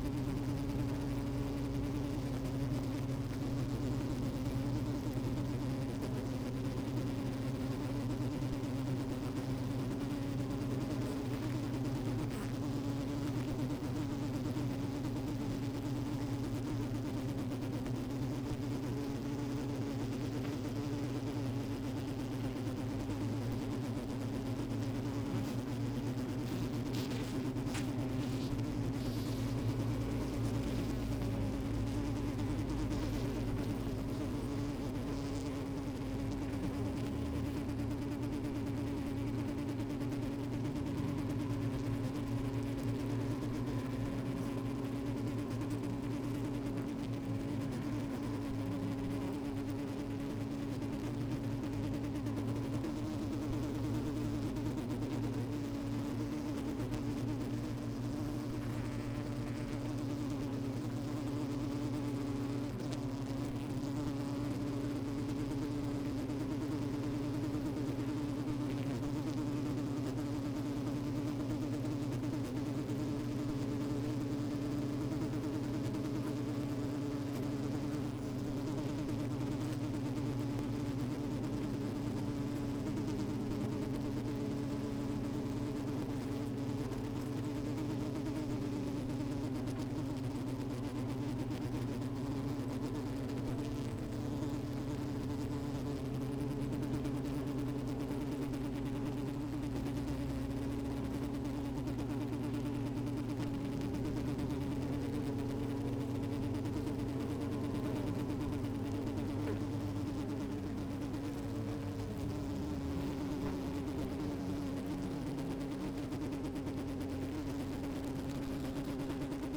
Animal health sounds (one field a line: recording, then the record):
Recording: honeybee colony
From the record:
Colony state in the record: active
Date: 28 July 2017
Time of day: 12:20